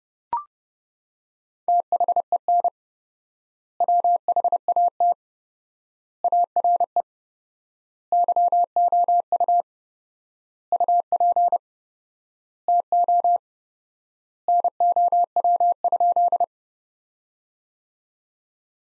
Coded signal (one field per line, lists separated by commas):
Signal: Morse code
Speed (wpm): 30 wpm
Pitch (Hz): 700 Hz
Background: none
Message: THEN WHAT ARE YOU UP TO NOW?